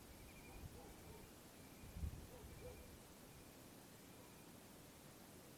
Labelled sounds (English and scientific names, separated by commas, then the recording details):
Eurasian Stone-curlew (Burhinus oedicnemus)
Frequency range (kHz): Eurasian Stone-curlew (Burhinus oedicnemus) 2.0-2.7 kHz
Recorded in France